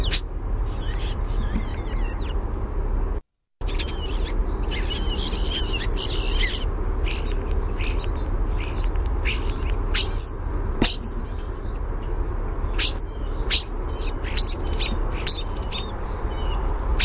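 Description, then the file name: European starling warbled song: a continuous, varied jumble of whistles, clicks and chattering notes, with sharp down-slurred whistles later on, over a steady low rumble and a brief gap near three seconds. Warbled song type. "EUST warbledsong"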